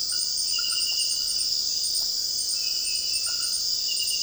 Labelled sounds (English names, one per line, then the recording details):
Common Pauraque
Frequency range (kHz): Common Pauraque 0.2-2.0 kHz
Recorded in dense forest near Puerto Asís, Putumayo, Colombia, on 21 February 2024 at 02:00
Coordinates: 0.481, -76.318
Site G6421